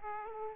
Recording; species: mosquito wingbeat signal from an infrared sensor; Aedes aegypti